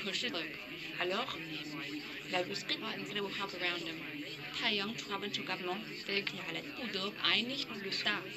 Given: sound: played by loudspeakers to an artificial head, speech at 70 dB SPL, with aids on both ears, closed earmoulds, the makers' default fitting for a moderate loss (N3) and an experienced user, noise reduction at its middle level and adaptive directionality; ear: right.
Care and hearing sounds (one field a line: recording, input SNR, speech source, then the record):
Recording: speech test signal (ISTS) in cocktail-party noise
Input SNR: +3 dB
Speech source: in front (0 degrees)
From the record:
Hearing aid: class 1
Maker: D